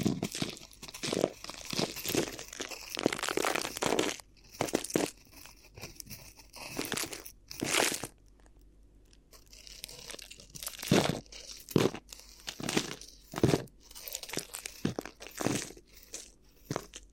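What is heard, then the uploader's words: Crinkly ear massage: bursts of bright crinkling and rustling come in quick irregular clusters, with a quieter pause near eight seconds. ASMR Addictive Crinkly Ear Massage (No Talking).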